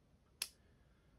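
A magnetic charging cable's connector is brought to the charging port of a Shokz OpenRun Pro bone-conduction sport headset and snaps on by magnet rather than clipping in. A single short, sharp snap is heard at 0.4 s against quiet background noise. The connector is seated and holds well.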